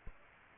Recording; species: mosquito wingbeat signal from an infrared sensor; Aedes aegypti